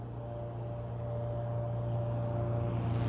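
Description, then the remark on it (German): A steady, droning airplane engine hum from an airplane flying overhead, with a deep low rumble and a faint higher whine, holding even and unbroken throughout, with no voices. “Manchmal flog er in seinem Flugzeug über uns.”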